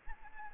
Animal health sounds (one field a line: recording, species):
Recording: mosquito wingbeat signal from an infrared sensor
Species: Anopheles arabiensis